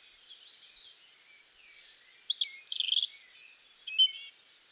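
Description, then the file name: European robin song: soft, faint warbling at first, then a sudden loud run of quick, sparkling trilled notes, high thin whistles and chirpy twitters. "Erithacus rubecula"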